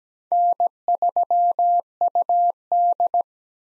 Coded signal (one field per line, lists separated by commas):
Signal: Morse code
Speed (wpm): 17 wpm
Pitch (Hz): 700 Hz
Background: none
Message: N3UD